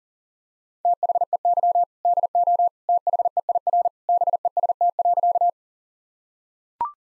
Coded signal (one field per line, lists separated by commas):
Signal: Morse code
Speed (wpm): 40 wpm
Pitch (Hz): 700 Hz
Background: none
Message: THEY DO THEIR BEST.